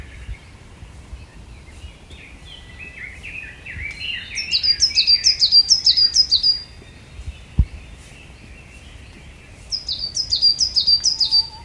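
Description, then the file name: Coal tit song, a high see-saw phrase repeated rapidly in a run, then repeated again after a pause, over low background noise with a single click. "higara"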